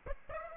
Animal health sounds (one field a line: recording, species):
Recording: mosquito wingbeat signal from an infrared sensor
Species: Aedes aegypti